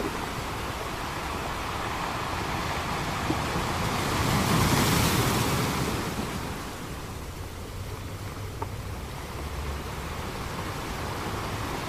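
Ocean noise as a steady, dense hiss spread across low rumble and bright wash. The sound swells to a peak around the fifth second, like a wave surging, then eases back to a softer, even level. A couple of faint ticks appear near three and eight and a half seconds.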